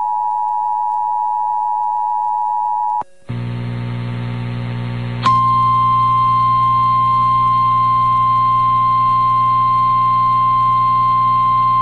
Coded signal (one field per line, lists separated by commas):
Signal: Emergency Alert System (SAME) tones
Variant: 853 and 960 Hz attention tone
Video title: EAS Timeline December Midwest Derecho Rips Through Siouxland (Sioux City, IA) NOAA Weather Radio